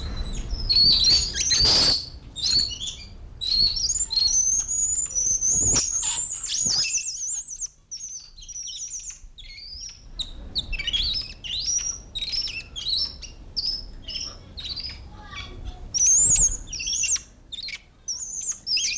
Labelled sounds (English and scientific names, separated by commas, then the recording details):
Weeper Capuchin (Cebus olivaceus)
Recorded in captivity
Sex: male
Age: adult
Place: Zoo Berlin, Berlin, DE
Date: 1994-06-25 10:21
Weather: sonnig, 18-25°C, Wind
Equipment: Marantz CP 430, Sennheiser ME 80, Kopie Uher Variocord 263
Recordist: Tembrock, Günter